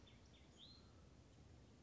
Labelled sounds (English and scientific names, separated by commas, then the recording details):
Hutton's Vireo (Vireo huttoni)
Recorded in Sonoma County, California